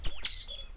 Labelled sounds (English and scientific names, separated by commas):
Stitchbird (Notiomystis cincta) song